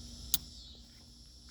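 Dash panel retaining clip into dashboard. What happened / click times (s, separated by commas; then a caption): The plastic trim clip snapped into place / 0.3 s. The second plastic retaining clip of a dashboard trim panel on a 2016 Land Cruiser is pushed one-handed back into the dash. It gives a sharp, bright snap at 0.3 s, followed by a quiet low hum and a much fainter tick at 1.5 s. The clip seats and the panel is secured.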